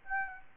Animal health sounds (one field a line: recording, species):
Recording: mosquito wingbeat signal from an infrared sensor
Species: Aedes aegypti